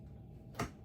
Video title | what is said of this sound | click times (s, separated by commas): 42” Hampton bay Littleton ceiling fan unboxing, installing and testing | That clicked right in place. | 0.6 s